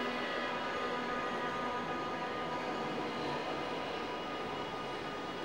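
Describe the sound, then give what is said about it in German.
A steady, loud rumble of a subway train arriving in Berlin, with sustained tonal whining and metallic hum, a continuous dense roar with no speech throughout. “Die U-Bahn kommt, ich steige ein, der Zug fährt und fährt, es wird dunkel.”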